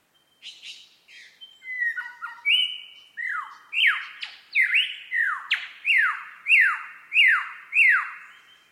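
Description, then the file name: Superb lyrebird song: a series of loud, sweeping descending whistles in quick succession, preceded by softer scratchy phrases, clear against a quiet background. Recorded at Mount Airly; date given as 30 May 2011. "SLB-mt airly 300511"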